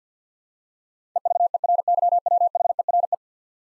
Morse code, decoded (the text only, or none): EVERYWHERE